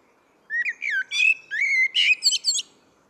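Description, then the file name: Common blackbird singing one short phrase of rich, slurred whistles mixed with higher chattering notes. "Turdus merula"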